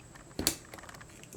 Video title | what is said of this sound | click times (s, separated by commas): DIY Project Bottle Lamp | uh snapped in place now we can put | 0.5 s